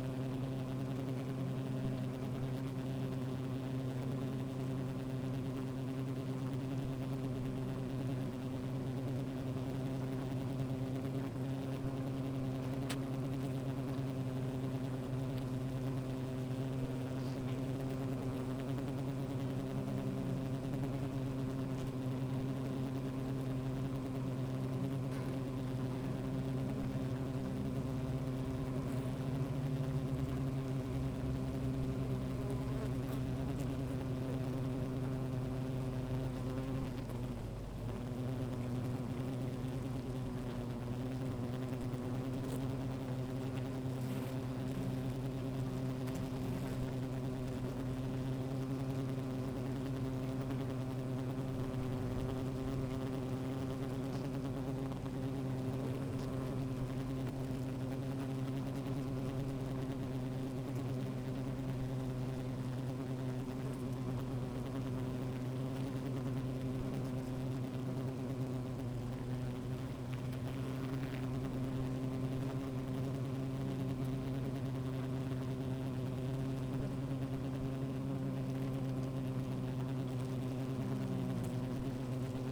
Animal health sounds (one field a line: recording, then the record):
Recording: honeybee colony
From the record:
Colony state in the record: active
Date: 28 July 2017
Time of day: 13:55